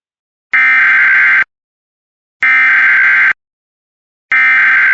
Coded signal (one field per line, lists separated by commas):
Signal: Emergency Alert System (SAME) tones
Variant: header bursts